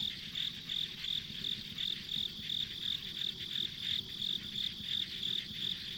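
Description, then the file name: Steady high insect chirping, roughly three pulses each second, with a continuous shimmering insect background and faint low-frequency noise. Ambient insect sounds on a rural country road. "田舎道の虫の環境音"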